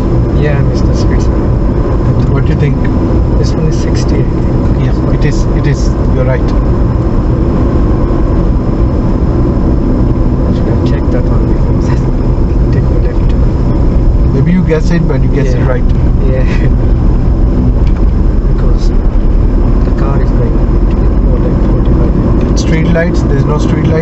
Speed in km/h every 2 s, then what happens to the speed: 52, 50, 52, 55, 52, 45, 40, 39, 42, 45, 52, 55.
0-7 steady at about 52. 7-14 slows to 39. 14-21 speeds up to 55.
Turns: 9-19.